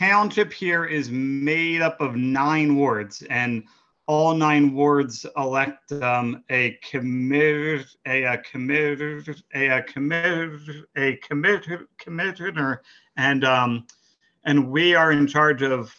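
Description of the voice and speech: A man's speech breaks on "commissioner," with repeated and prolonged part-syllables and a filler before the word comes out, then further fillers: stuttering in an adult male who stutters, a township ward commissioner.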